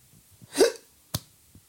Turf Moor. A football stadium. It is repeating. Hiccups.